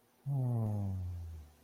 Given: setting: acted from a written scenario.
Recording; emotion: vocal sound without words; relief